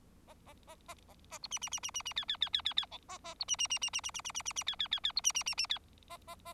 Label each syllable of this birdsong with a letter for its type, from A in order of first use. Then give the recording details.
A A A A A A B C C C C C C D D D D D D E A A B C C C C C C C C C C C D D D D B C C C C D A A A. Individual Bird4